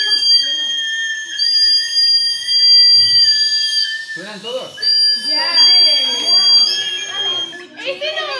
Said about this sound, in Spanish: Mira, concierto de silbato.